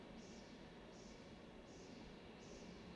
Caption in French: Une augmentation de fréquence qui reflète l'augmentation de vitesse et donc le fait qu'il existe une sténose. Maintenant, la sténose. Qui est beaucoup plus aigu et très différent du son précédent.